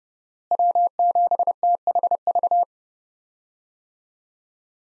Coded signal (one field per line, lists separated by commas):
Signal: Morse code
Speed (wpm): 30 wpm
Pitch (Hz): 700 Hz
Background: none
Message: W7THV